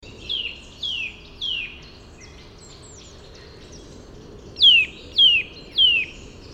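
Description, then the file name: Eurasian nuthatch giving sharp, downslurred whistled calls, three softer notes followed after a pause by three louder ones, each about half a second apart, over steady background noise. "Sitta europaea"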